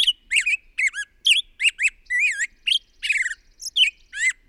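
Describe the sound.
Bird chattering continuously with harsh, squeaky notes, some short and clipped, others drawn out and wavering, around two per second.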